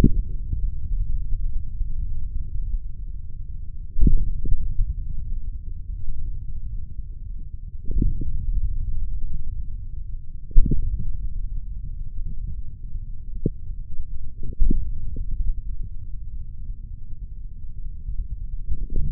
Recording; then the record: forearm muscle sounds (acoustic myography)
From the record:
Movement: hand opening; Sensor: system 3, bracelet of six PUI Audio POM-2738L microphones around the upper forearm, with dedicated amplification and filtering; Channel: 1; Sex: male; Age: 55 years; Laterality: right